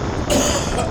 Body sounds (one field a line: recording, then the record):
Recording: coughing mixed with background sound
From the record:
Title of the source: Residual Phlegmy Morning Coughing and Gagging